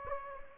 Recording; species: mosquito wingbeat signal from an infrared sensor; Anopheles gambiae